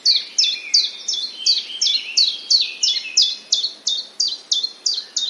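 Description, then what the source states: Common chiffchaff song: a brisk, even string of high, clipped notes, roughly three per second. Recorded 30 May 2021.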